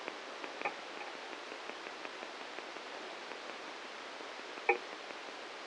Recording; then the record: brain microelectrode recording played as sound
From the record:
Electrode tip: outside the subthalamic nucleus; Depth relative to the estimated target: 3 mm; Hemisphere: right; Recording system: NeuroSet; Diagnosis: Parkinson's disease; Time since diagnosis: 7 years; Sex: male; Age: 44 years